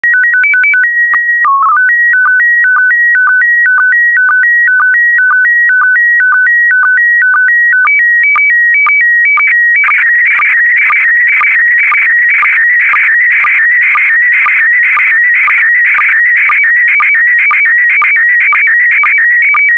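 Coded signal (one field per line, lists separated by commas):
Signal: SSTV (slow-scan television)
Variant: PD120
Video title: (04 of 12) ISS Expedition 66 - MAI-75 February 2022 - Retransmission SSTV PD120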